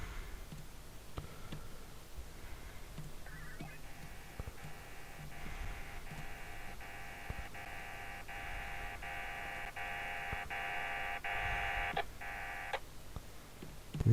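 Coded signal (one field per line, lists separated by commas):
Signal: HF data modem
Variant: VARA FM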